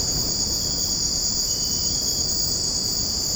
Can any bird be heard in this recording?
no